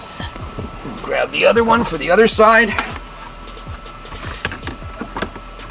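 The second plastic side trim piece for the dash of an FRS/BRZ, during an MK1 Brainiac installation, is picked up and lined up with the dashboard clips on the other side while someone talks. A few light plastic taps and handling knocks are heard around 4.5 s and 5.2 s, but nothing has seated or clicked yet.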